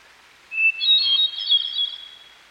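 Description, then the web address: Hermit thrush song phrase: a pure introductory whistle followed by a cascade of higher fluted notes. Singing by a stream. "Dan Gibson Songbirds By The Stream. Hermit Thrush"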